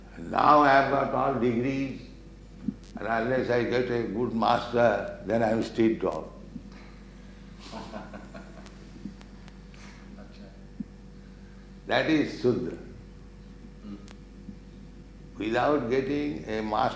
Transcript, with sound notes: And "Now I have got all degrees, and unless I get a good master, then I am street dog." [laughs] That is śūdra. Without getting a master...